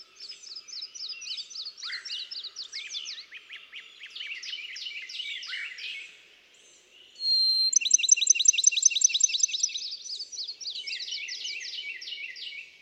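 Bachman's sparrow singing, a string of high, rapid trilled phrases shifting in pitch, then after a short pause a loud pure whistle opening into a fast, ringing trill.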